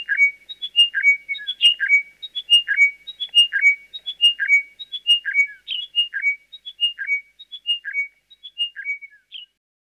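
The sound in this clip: Chiming wedgebill calling a falling sequence of chiming whistles, the same phrase repeated over and over at a steady pace, fading slightly near the end.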